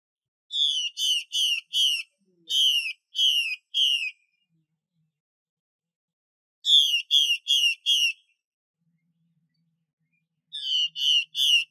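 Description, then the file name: Chinese hwamei song: bursts of three or four loud, downslurred whistles with a bright ringing tone, the bursts separated by pauses. Female bird. "Tieng chim hoa mi mai xuy"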